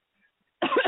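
One abrupt, harsh cough burst after a brief silence, cut off at the end; a single cough from an adult woman with an ongoing cough and throat trouble that had not improved.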